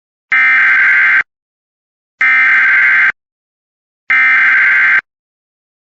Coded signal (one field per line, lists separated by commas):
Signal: Emergency Alert System (SAME) tones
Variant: header bursts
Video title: EAS Emergency Action Termination (for @KittyUZutty)